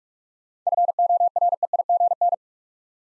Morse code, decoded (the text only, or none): FOREIGN